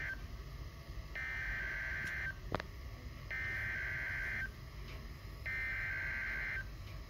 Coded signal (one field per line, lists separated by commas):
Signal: Emergency Alert System (SAME) tones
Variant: header bursts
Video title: EAS #48-49 SVR's